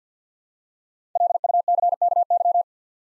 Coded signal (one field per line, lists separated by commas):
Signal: Morse code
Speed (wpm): 50 wpm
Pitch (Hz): 700 Hz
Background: none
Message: LUCKY